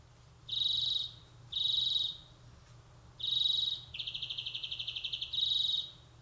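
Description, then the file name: European greenfinch giving several short high trilled bursts, with one longer rattling trill before the last burst, over a steady low hum. "Chloris chloris"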